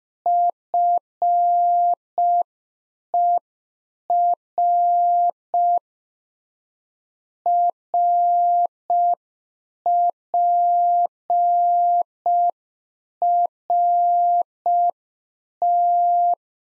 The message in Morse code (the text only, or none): FER RPRT